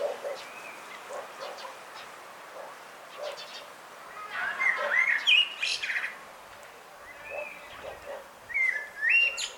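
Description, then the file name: Common blackbird song: fluted, rolling phrases with squeaky high endings, a loud one midway and another at the end. "Turdus merula"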